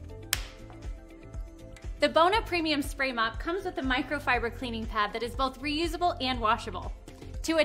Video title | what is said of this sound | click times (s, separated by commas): Bona hardwood floor cleaner - Premium Spray Mop #shorts #canada | and pushing together until you hear a click | 0.3 s